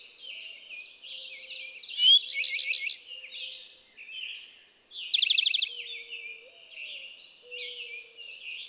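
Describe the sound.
Eastern towhee song: two loud, fast rattling trills about three seconds apart stand out over busy, continuous background chirping and a faint low tone.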